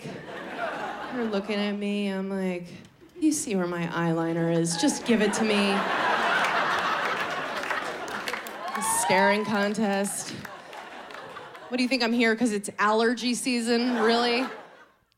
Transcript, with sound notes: They're looking at me; I'm like you see where my eyeliner is. Just give it to me.
(LAUGHTER)
The staring contest. What, do you think I'm here because it's allergy season, really?